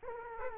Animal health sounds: mosquito wingbeat signal from an infrared sensor; Aedes aegypti

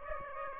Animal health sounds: mosquito wingbeat signal from an infrared sensor; Aedes aegypti

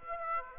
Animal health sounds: mosquito wingbeat signal from an infrared sensor; Aedes aegypti

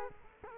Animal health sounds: mosquito wingbeat signal from an infrared sensor; Culex quinquefasciatus

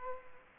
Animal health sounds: mosquito wingbeat signal from an infrared sensor; Aedes aegypti

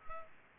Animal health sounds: mosquito wingbeat signal from an infrared sensor; Culex pipiens

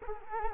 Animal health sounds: mosquito wingbeat signal from an infrared sensor; Culex quinquefasciatus

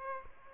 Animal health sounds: mosquito wingbeat signal from an infrared sensor; Aedes aegypti

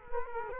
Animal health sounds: mosquito wingbeat signal from an infrared sensor; Culex quinquefasciatus

